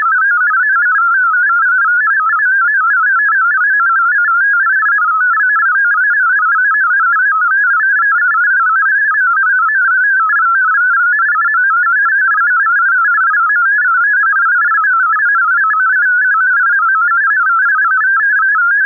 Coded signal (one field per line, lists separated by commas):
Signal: multi-tone FSK (Olivia or MFSK type)